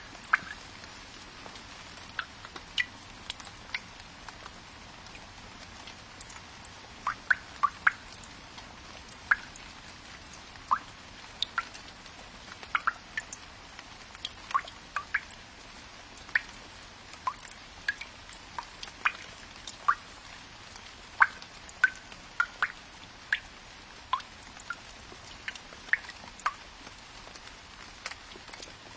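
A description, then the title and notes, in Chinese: Raindrops fall into a water vat, each landing a crisp, bright plink. The drops come irregularly, a few per second, some louder than others, over a quiet, steady low hiss that runs throughout the half minute. 水缸里的雨滴声很清脆。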